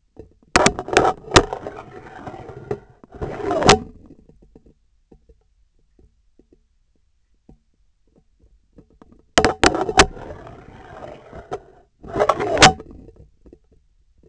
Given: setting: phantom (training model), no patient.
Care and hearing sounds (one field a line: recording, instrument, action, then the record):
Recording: laparoscopic instrument, vibration sensor on the handle end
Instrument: scissors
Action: insertion and removal through the trocar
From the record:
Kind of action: spatial motion